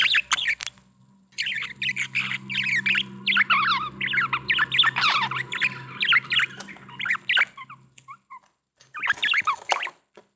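Budgerigar warbling chatter, rapid squawky and chirping notes at mid to high pitch, in long bursts with brief pauses and a low steady hum beneath.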